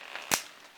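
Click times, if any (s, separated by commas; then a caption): 0.3 s. A support rod of a collapsible light dome (softbox) is pulled up until it snaps into its socket in the dome's hub. After a faint tick at 0.2 s, a sharp, bright snap rings out at 0.3 s and quickly dies away, and the rod is seated in place.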